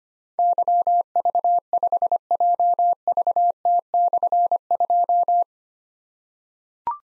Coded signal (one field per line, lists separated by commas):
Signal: Morse code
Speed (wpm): 25 wpm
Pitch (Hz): 700 Hz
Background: none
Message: YV5JVT/2